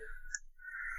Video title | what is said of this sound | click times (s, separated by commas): SMPS Kharab Hai Ya Nahi? - How To Check SMPS in PC (Hindi) | सॉकेट में लगाने के बाद यहाँ पे जब आप एसएमपीएस में लगाओगे तो हल्की सी टक सी आवाज़ आती है, तो वो आपको नोटिस करनी है। | 0.3 s